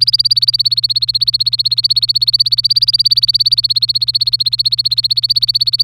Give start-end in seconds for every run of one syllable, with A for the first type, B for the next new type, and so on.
0.00-5.84 A